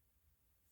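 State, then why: Not seated. A brake light switch is handled at the pedal-bracket mount of a BMW E36, its ridge being lined up with the notch in the mount during a replacement to fix an intermittent brake light failure. Only a quiet, steady low rumble with faint high hiss is heard, with no sharp sounds. Nothing has seated or clicked yet.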